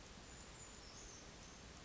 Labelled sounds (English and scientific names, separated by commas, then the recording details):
Brown Creeper (Certhia americana)
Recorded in Sonoma County, California